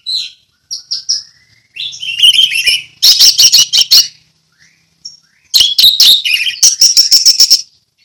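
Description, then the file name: Orange-headed thrush singing loud, high warbles and slurred whistles, broken by rapid series of sharp, dry clicking notes; brief silences separate the phrases. Song in the ngeplong style. "anis merah ngeplong"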